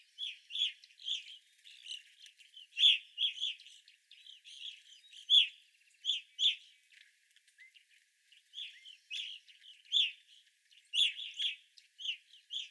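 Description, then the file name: Evening grosbeaks chirping steadily in a flock, sharp burry notes tumbling together with a short lull near the middle. Several evening grosbeaks recorded 25 April 2021. "2021-04-25 Evening Grosbeaks"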